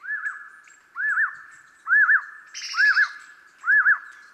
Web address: common quail